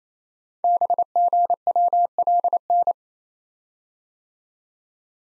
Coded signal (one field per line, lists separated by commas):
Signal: Morse code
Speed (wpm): 28 wpm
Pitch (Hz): 700 Hz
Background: none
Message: BGWLN